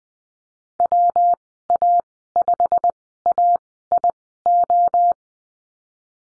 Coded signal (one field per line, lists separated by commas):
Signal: Morse code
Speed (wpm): 20 wpm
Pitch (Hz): 700 Hz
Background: none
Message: WA5AIO